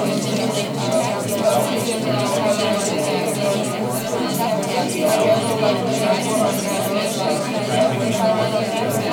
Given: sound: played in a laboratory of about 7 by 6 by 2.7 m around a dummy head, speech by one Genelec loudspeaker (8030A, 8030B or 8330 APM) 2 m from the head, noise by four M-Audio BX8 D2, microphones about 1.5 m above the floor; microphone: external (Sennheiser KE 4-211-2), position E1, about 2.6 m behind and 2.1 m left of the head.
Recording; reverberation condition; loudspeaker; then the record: babble noise; medium; four, about 170 cm from the corners of the room and facing them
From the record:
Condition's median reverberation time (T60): about 510 ms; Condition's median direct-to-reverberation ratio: about -0.5 dB